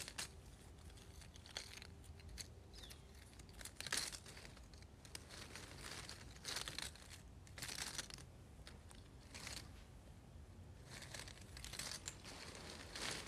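Small pieces of cardboard are shuffled and rubbed together in a steady, busy stream of dry scraping and rustling. Brighter bursts of friction come every second or so, with a sharper crackle near four seconds and a quieter stretch around ten seconds.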